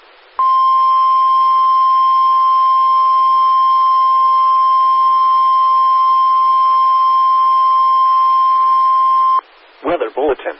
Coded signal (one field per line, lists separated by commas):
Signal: Emergency Alert System (SAME) tones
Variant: 1050 Hz attention tone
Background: speech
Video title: (RARE) EAS 1969: NWS Cleveland Severe Thunderstorm Warning “Dangerous Storm”